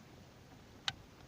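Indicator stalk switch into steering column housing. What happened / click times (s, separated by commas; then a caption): The plastic switch clipped into its housing / 0.9 s. A plastic indicator stalk switch on a 1993–1996 Ford Mondeo MK1 is levered into its fitting in the steering column housing. Against a quiet background, a single sharp tick sounds at 0.9 s as it clips in, followed by a much fainter tick near 1.3 s. The switch is seated and held.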